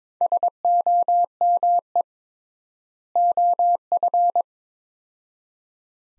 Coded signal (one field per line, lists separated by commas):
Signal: Morse code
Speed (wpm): 21 wpm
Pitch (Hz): 700 Hz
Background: none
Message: SOME OF